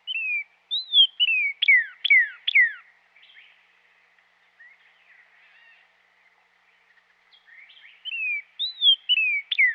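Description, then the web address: Northern cardinal song: bright whistled notes slurring downward, delivered in quick repeated bursts, then a quiet pause with a faint twittering before the slurred whistles return. Recorded in western North America. "Dan Gibson Wildlife Identification By Sound, Western North America. Northern Cardinal"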